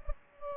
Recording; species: mosquito wingbeat signal from an infrared sensor; Culex pipiens